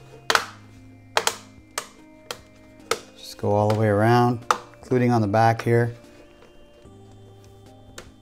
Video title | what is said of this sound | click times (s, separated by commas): Replacing HP Envy DV4 Laptop 5220US Motherboard To Fix The Touch Pad Not Working And Bonus Upgrade | and after we snap it on just | 0.3 s, 1.2 s, 1.8 s, 2.9 s